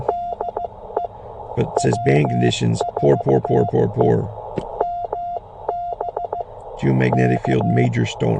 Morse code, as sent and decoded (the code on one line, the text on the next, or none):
-.. . / .-- ....- . / -- -... / -.-
DE W4E MB K